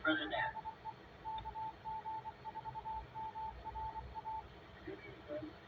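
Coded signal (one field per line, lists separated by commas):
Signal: Morse code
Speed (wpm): 25 wpm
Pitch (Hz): 880 Hz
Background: speech, radio noise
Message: DE KG4MRA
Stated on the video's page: ARES net heard on a Kenwood TR-9000.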